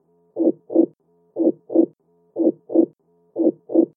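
A steady, regular heartbeat at about 60 beats per minute, each beat a paired lub-dub of two low thumps.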